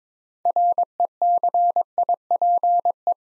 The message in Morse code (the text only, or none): RECIPE